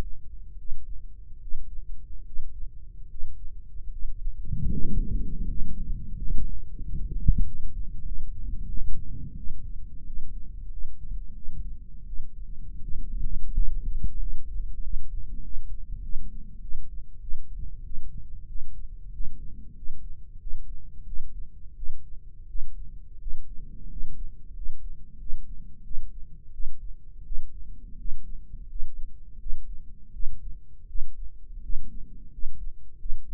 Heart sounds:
heart sounds by microphone in the right ear; 87 bpm
0.56 s: heartbeat
1.39 s: heartbeat
2.24 s: heartbeat
3.08 s: heartbeat
3.90 s: heartbeat
4.69 s: heartbeat
5.47 s: heartbeat
6.16 s: heartbeat
6.82 s: heartbeat
7.44 s: heartbeat
8.04 s: heartbeat
8.67 s: heartbeat
9.35 s: heartbeat
10.05 s: heartbeat
10.69 s: heartbeat
11.33 s: heartbeat
12.05 s: heartbeat
12.81 s: heartbeat
13.52 s: heartbeat
14.18 s: heartbeat
14.81 s: heartbeat
15.42 s: heartbeat
16.01 s: heartbeat
16.60 s: heartbeat
17.20 s: heartbeat
17.83 s: heartbeat
18.47 s: heartbeat
19.12 s: heartbeat
19.75 s: heartbeat
20.39 s: heartbeat
21.05 s: heartbeat
21.75 s: heartbeat
22.47 s: heartbeat
23.19 s: heartbeat
23.88 s: heartbeat
24.53 s: heartbeat
25.18 s: heartbeat
25.82 s: heartbeat
26.51 s: heartbeat
27.23 s: heartbeat
27.97 s: heartbeat
28.67 s: heartbeat
29.38 s: heartbeat
30.11 s: heartbeat
30.86 s: heartbeat
31.61 s: heartbeat
32.30 s: heartbeat
32.97 s: heartbeat
From the record:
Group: healthy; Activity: Valsalva maneuver 0-5 s, rest 5-33 s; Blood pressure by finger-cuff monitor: 147/100 mmHg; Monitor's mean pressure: 113 mmHg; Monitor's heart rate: 86 bpm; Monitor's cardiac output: 7.4 L/min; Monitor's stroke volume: 83 mL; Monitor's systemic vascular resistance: 1110 dyn s/cm5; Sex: male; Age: 23 years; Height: 179 cm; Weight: 87 kg

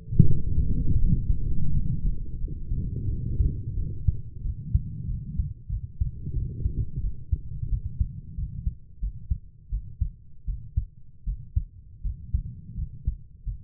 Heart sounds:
heart sounds by stethoscope; 86 bpm
0.24 s: heartbeat
0.97 s: heartbeat
1.71 s: heartbeat
2.38 s: heartbeat
3.07 s: heartbeat
3.75 s: heartbeat
4.43 s: heartbeat
5.08 s: heartbeat
5.70 s: heartbeat
6.34 s: heartbeat
7.02 s: heartbeat
7.70 s: heartbeat
8.37 s: heartbeat
9.01 s: heartbeat
9.71 s: heartbeat
10.46 s: heartbeat
11.25 s: heartbeat
12.03 s: heartbeat
12.76 s: heartbeat
13.45 s: heartbeat
From the record:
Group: healthy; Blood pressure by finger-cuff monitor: 100/40 mmHg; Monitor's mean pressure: 60 mmHg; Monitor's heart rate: 88 bpm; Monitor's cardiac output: 11.1 L/min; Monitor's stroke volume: 123 mL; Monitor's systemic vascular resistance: 400 dyn s/cm5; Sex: female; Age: 22 years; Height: 160 cm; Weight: 63 kg

